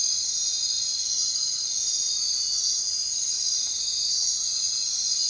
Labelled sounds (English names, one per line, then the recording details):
none
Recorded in secondary vegetation near Puerto Asís, Putumayo, Colombia, on 22 June 2025 at 23:00
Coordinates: 0.499, -76.323
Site G077